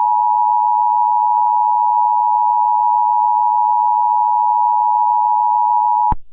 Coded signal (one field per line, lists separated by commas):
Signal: Emergency Alert System (SAME) tones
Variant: 853 and 960 Hz attention tone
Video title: Time Goes Backwards (Sept. 2020) (EAS Scenario)